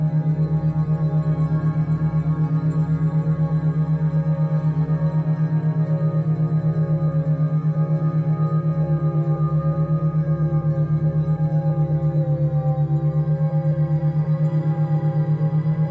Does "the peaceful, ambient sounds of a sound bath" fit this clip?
yes